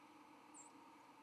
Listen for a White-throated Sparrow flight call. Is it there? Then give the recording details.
yes. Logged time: 06:51 on 31 October 2014